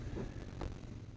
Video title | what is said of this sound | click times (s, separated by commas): Replacing The Decking Part 4 | it just snaps over once I get it there we go snaps | 0.6 s